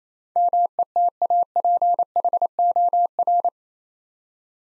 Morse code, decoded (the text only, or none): METAPHOR